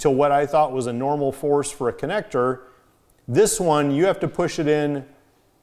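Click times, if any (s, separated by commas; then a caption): none. A 3.5 mm three-ring microphone plug is being pushed into a three-ring-to-two-ring adapter with more force than usual, since it has to go in further until it clicks. Only someone talking is heard, with a short pause around 2.7–3.3 seconds. The plug has not seated or clicked yet.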